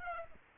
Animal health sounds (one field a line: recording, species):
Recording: mosquito wingbeat signal from an infrared sensor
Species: Aedes aegypti